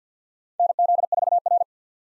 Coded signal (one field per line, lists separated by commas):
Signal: Morse code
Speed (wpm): 50 wpm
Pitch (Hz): 700 Hz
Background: none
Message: NZ4R